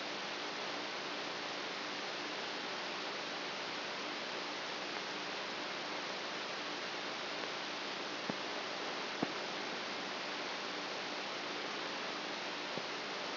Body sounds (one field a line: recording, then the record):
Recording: brain microelectrode recording played as sound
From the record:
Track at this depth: inside the subthalamic nucleus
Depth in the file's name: 5.64 mm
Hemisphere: right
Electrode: 2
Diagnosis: Parkinson's disease